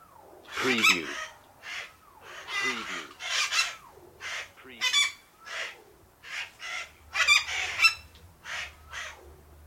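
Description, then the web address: Parakeets give harsh, buzzy screeching calls in irregular bursts, some with lower chattering notes, with short pauses between. Parakeets, described as calm. "the sound pack tree. calm parakeets"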